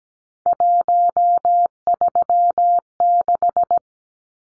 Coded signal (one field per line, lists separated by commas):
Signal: Morse code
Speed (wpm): 17 wpm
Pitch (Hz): 700 Hz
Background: none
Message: 136